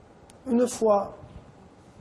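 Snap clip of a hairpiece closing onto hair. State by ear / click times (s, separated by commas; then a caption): seated / 0.3 s. The third snap clip of a clip-in fake fringe, at the back, is pressed closed onto a model's hair, giving a short sharp snap at 0.3 s. Someone then talks as the fringe sits properly clipped in.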